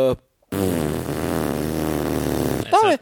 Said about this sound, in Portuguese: Sons de moça peidando.